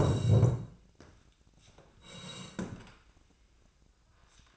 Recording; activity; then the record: daily activity, microphone in the room; sit down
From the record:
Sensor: 2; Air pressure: 1012.1 hPa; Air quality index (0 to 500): 159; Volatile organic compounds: 2 ppm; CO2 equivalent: 1166 ppm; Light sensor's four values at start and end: 38/92/41/47 and 65/166/71/90